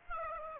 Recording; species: mosquito wingbeat signal from an infrared sensor; Aedes aegypti